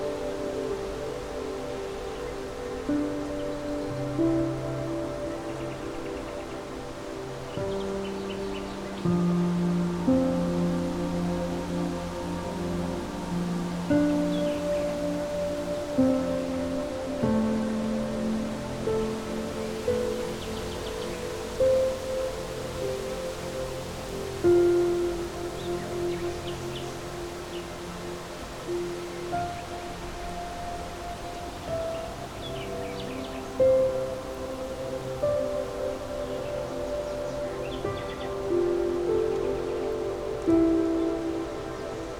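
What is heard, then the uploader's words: Soft, slow music with sustained low and mid tones shifting every few seconds, gentle notes stepping through a calm melody. A steady hiss of rustling leaves sits underneath throughout, with faint short chirps now and then in the upper range. Meadow Serenade With Relaxing Music, Rustling Leaves & Nature Sounds.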